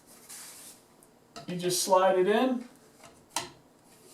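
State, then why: Partly seated. A ceiling fan blade is slid into its snap-in mount on the fan motor hub while someone talks. A sharp latch click is heard at 3.4 seconds, the first of two clicks, so the blade is only partly seated and not yet fully locked in.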